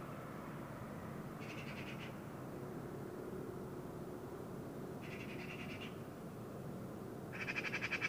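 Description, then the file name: Eurasian magpie chattering in three harsh rattles, the last louder and cut off at the end, above steady low background noise. "Pica pica"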